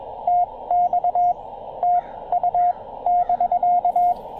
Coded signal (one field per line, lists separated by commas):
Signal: Morse code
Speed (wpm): 20 wpm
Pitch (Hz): 710 Hz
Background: radio noise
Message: TX TU <BK>